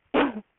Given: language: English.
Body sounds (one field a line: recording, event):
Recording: throat vibration sensor signal played as sound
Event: cough